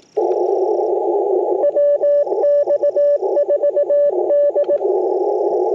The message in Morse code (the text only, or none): WX4D